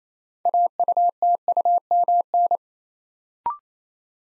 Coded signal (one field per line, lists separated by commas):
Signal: Morse code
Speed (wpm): 27 wpm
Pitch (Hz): 700 Hz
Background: none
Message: AUTUMN